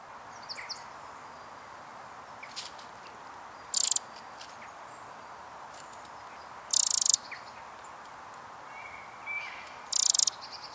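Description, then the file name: Eurasian wren call, a high buzzy rattle of fast pulses repeated three times at irregular intervals, with scattered faint ticks and soft hiss in between. "Troglodytes troglodytes"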